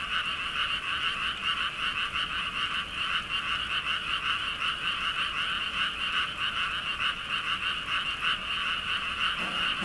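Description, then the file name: Frog chorus, a steady wall of fast, pulsing croaks from many callers, unbroken throughout. "kaeru"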